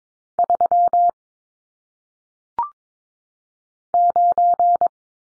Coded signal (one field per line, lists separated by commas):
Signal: Morse code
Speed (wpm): 22 wpm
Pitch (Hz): 700 Hz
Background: none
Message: 3 9